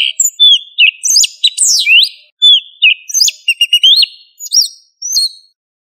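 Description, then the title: Thrush song of varied whistled notes: sliding, rising and falling phrases mixed with sharp high chips, delivered rapidly with short breaks and no other sounds. "Familia Turdidae - Sabia"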